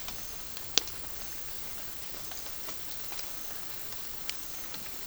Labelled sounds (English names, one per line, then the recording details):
none
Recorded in pastures near Puerto Asís, Putumayo, Colombia, on 25 June 2025 at 13:00
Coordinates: 0.466, -76.322
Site GP07